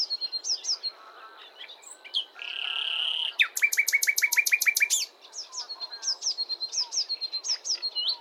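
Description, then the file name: Common nightingale singing varied phrases: repeated high sliding notes, a steady mid-pitched whistle, then a fast run of loud clicking notes, before the high sliding notes resume. "Luscinia megarhynchos"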